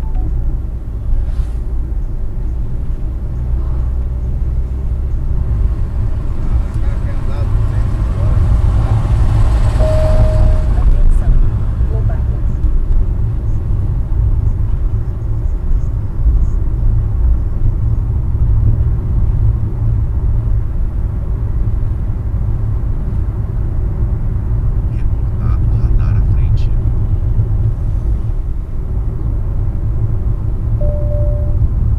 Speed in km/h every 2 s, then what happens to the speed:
49, 53, 58, 59, 58, 57, 56, 59, 60, 61, 62, 63, 63, 63, 62, 58.
0-5 speeds up to 59. 5-12 steady at about 57. 12-22 speeds up to 63. 22-27 steady at about 63.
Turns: none.